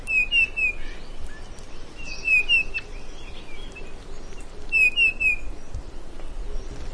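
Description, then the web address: Grey-headed bullfinch calling with short, soft whistled notes in groups of three, repeated every few seconds over a low steady background hiss. "grey headed bullfinch bird call"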